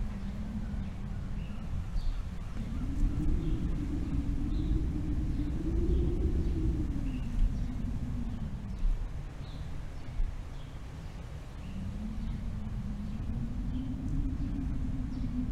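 Wind sweeps across open country in a constant low roar, rising in a long gust from about two to eight seconds, easing, then building again after twelve seconds. Faint, brief high chirps, like small birds, come through now and then above the rumble.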